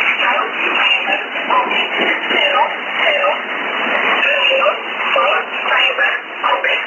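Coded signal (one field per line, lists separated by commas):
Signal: numbers station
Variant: E11 Oblique, English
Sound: voice reading short, evenly paced words through a steady hiss of shortwave static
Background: radio static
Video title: 03 12 2018 E11 Oblique Numbers station in English to Eu 0640 on 11450 unknown tx site in USB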